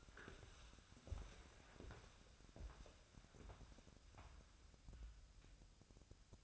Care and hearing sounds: daily activity, microphone in the room; walk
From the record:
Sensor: 2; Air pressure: 1015.2 hPa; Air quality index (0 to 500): 116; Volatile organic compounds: 3 ppm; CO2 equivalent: 1480 ppm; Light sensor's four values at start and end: 14/38/15/17 and 13/35/13/15

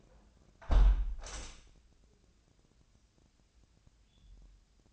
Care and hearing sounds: daily activity, microphone in the room; close window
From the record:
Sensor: 2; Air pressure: 1012.1 hPa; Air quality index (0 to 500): 105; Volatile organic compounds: 1 ppm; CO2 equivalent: 794 ppm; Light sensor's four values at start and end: 110/264/109/108 and 111/266/110/109

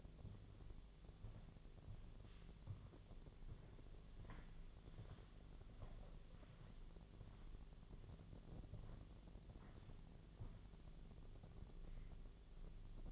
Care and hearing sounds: daily activity, microphone in the room; walk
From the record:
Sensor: 4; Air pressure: 1009.2 hPa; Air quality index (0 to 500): 169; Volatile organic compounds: 5 ppm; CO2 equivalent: 1704 ppm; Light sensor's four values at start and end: 25/77/29/28 and 25/77/29/29

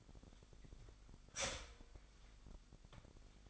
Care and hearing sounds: daily activity, microphone in the room; start toaster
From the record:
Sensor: 5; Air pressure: 1002.0 hPa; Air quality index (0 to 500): 204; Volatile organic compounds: 19 ppm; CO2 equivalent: 2644 ppm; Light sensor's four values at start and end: 34/108/41/44 and 34/108/41/44

